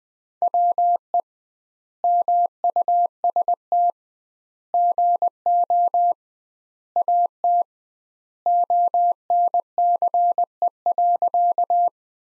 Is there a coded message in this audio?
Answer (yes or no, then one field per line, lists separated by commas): yes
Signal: Morse code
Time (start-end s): 0.4-11.9 s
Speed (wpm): 20 wpm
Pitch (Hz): 700 Hz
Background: none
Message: WE MUST GO AT ONCE.